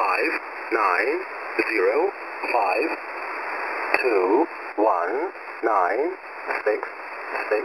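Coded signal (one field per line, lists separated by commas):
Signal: numbers station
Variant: E07a English Man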